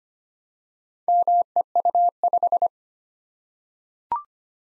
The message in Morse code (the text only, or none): MEU5